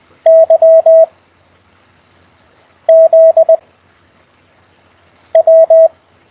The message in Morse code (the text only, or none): Y Z W